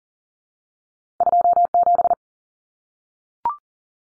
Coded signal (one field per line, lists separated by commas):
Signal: Morse code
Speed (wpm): 40 wpm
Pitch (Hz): 700 Hz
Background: none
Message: 27